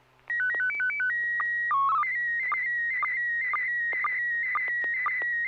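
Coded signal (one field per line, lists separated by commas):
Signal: SSTV (slow-scan television)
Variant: PD 120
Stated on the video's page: Weekly SSTV net on an FM repeater at 441.30 MHz in Sacramento, California, using MMSSTV software.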